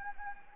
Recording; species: mosquito wingbeat signal from an infrared sensor; Anopheles gambiae